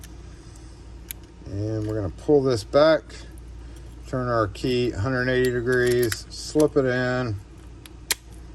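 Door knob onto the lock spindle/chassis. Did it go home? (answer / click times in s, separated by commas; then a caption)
yes / 8.1 s. While reinstalling a Dexter residential door lock knob, the retainer is held back, the key is turned 180 degrees, and the metal knob is slid onto the lock spindle. Someone talks over light metallic handling sounds, and the knob snaps into place on the spindle with a sharp click at 8.1 s.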